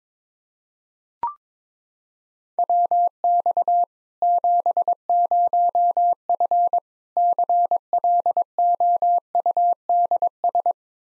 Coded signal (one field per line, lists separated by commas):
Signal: Morse code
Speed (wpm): 21 wpm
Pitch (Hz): 700 Hz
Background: none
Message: WX 70F CLOUDS